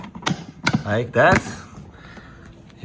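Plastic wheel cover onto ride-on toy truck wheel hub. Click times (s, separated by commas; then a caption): 0.3 s, 0.7 s. A plastic wheel cover is pressed onto the wheel hub of a yellow ANPABO 24 V 4x4 ride-on dump truck after the wheels are installed, with sharp snaps at 0.3 s and 0.7 s as it clicks into place. Someone talks during and after the clicks. The cover ends up seated on the hub.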